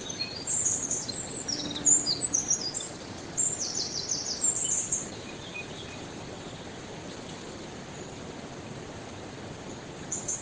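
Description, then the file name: Eurasian wren song: a shrill, fast cascade of high twitters and trills over the first five seconds, then only steady hiss with a faint note at the end. "Troglodytes troglodytes"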